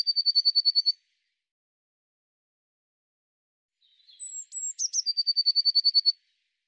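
Eurasian blue tit: the tail of a rapid trill, a pause, then one complete phrase of sharp high notes leading into a steady trill.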